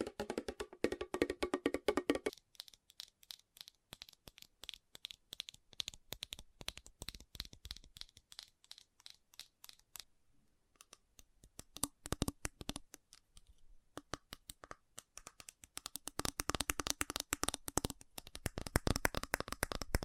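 Fast tapping in dense, rapid bursts of sharp, bright clicks. A busier, fuller stretch opens the first two seconds, then the taps thin out with a short near-silent gap around ten seconds, and they grow thick and loud again after sixteen seconds.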